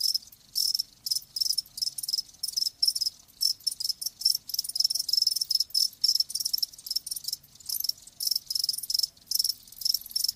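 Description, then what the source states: Cricket chorus of sharp, high chirp bursts repeated several times a second with clear gaps between them; no other sounds stand out. Crickets chirping with a lulling song.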